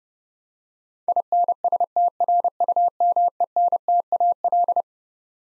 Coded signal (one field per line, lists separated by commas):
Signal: Morse code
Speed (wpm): 30 wpm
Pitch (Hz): 700 Hz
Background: none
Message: INSTRUMENTAL